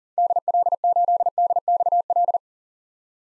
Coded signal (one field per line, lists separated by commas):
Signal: Morse code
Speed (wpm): 40 wpm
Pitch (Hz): 700 Hz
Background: none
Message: DL8DXL